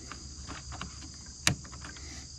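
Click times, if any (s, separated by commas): 1.5 s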